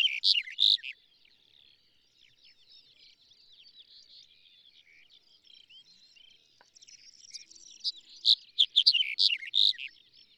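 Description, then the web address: Black-headed bunting singing high, jangling chirps in bursts at the start and near the end, with softer twittering notes in between. "black headed bunting bird call"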